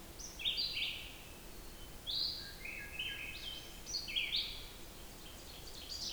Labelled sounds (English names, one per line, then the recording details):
Red-eyed Vireo song
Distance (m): 30 m
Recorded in boreal forest in Alberta, Canada, on 14 June 2016 at 06:22
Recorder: SongMeter 3, array SBT-3-33
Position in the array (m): 154 m, 180 m